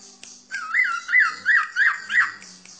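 Bird whistling five looping, wavering notes in a steady series, each about a third of a second apart.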